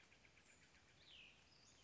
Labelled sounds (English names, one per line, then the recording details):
Cassin's Vireo
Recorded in Sonoma County, California